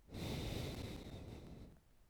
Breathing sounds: one breath near a microphone; exhalation

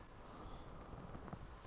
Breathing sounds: one breath near a microphone; inhalation

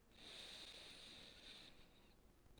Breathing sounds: one breath near a microphone; inhalation

